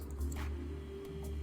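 Differential internals are handled while being loaded into the differential case of an Xray X4 2022 RC car, with faint plastic ticks at about 0.1 and 0.3 seconds over a steady low hum. No part has seated or clicked into place yet.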